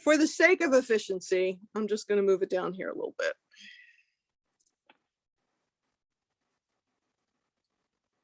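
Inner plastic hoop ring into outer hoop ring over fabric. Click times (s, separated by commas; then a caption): 4.9 s. Someone talks while moving fabric down in a plastic embroidery hoop, then presses the inner plastic ring back into the outer ring over the fabric. After a couple of faint ticks, a single sharp click at 4.9 s marks the hoop seating into place, since a ridge shows when the rings are in the right position. Silence follows.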